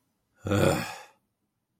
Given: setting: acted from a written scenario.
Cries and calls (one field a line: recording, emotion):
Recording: vocal sound without words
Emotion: contempt